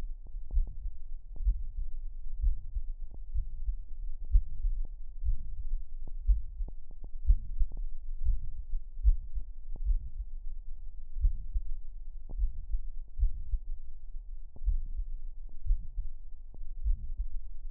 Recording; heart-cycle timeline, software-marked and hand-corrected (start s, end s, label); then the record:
heart sounds
0.00	0.54	diastole
0.54	0.66	S1
0.66	0.82	systole
0.82	0.92	S2
0.92	1.42	diastole
1.42	1.58	S1
1.58	1.78	systole
1.78	1.88	S2
1.88	2.40	diastole
2.40	2.56	S1
2.56	2.74	systole
2.74	2.84	S2
2.84	3.36	diastole
3.36	3.48	S1
3.48	3.66	systole
3.66	3.78	S2
3.78	4.32	diastole
4.32	4.44	S1
4.44	4.62	systole
4.62	4.76	S2
4.76	5.24	diastole
5.24	5.36	S1
5.36	5.56	systole
5.56	5.66	S2
5.66	6.26	diastole
6.26	6.42	S1
6.42	6.60	systole
6.60	6.70	S2
6.70	7.26	diastole
7.26	7.40	S1
7.40	7.58	systole
7.58	7.68	S2
7.68	8.24	diastole
8.24	8.38	S1
8.38	8.52	systole
8.52	8.60	S2
8.60	9.04	diastole
9.04	9.18	S1
9.18	9.34	systole
9.34	9.42	S2
9.42	9.84	diastole
9.84	10.00	S1
10.00	10.20	systole
10.20	10.30	S2
10.30	11.19	diastole
11.19	11.30	S1
11.30	11.60	systole
11.60	11.69	S2
11.69	12.35	diastole
12.35	12.49	S1
12.49	12.70	systole
12.70	12.81	S2
12.81	13.19	diastole
13.19	13.30	S1
13.30	13.64	systole
13.64	13.75	S2
13.75	14.66	diastole
14.66	14.80	S1
14.80	14.98	systole
14.98	15.10	S2
15.10	15.68	diastole
15.68	15.82	S1
15.82	16.06	systole
16.06	16.18	S2
16.18	16.82	diastole
16.82	16.96	S1
16.96	17.16	systole
17.16	17.28	S2
17.28	17.71	diastole
From the record:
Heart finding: mitral regurgitation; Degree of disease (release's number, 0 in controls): 2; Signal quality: good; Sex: male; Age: 80 years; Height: 1.65 m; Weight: 90 kg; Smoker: yes